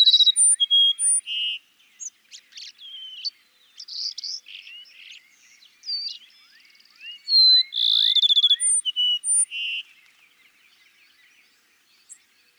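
Cassin's sparrow songs of high whistles and rapid trills, with softer rising notes between them.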